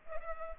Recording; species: mosquito wingbeat signal from an infrared sensor; Culex pipiens